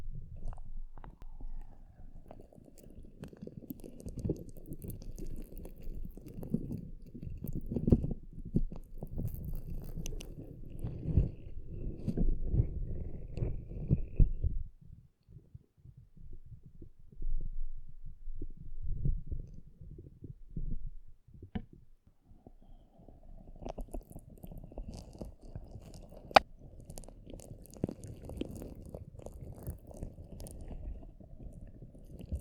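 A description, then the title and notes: Slime is squished and pressed against a microphone, making thick, low, wet squelching and crackling that comes in dense bursts. The sound is heaviest in the first fifteen seconds, thins out in the middle, then returns with softer sticky pops and one sharp click near 26 seconds. ASMR SLIME ON THE MICROPHONE (SUPER TINGLY).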